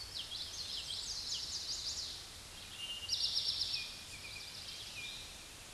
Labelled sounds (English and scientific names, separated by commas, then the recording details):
Eastern Towhee (Pipilo erythrophthalmus) song
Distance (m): 25 m
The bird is about 10 m above the microphone
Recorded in a Pennsylvania forest on 16 May 2024 at 06:38
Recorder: AudioMoth, point MSD-1035
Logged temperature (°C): 16.3 °C
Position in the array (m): 202 m, 141 m